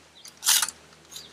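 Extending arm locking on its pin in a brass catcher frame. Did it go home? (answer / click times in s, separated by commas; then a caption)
no / none. One of the four arms of a brass catcher frame is handled as it is being extended out on its bottom pin. A broadband rustle-scrape builds from about 0.4 s to 0.7 s, ending in a sharp tap at 0.7 s, with fainter brief scrapes near 0.3 s and 1.2 s. The arm has not yet clicked into place.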